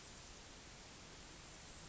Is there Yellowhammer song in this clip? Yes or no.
no